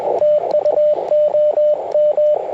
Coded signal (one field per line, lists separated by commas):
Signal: Morse code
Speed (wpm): 20 wpm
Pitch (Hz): 600 Hz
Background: radio noise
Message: TU OM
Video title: Ten-Tec Argonaut V - CW POTA 8/28/23 @ K-4451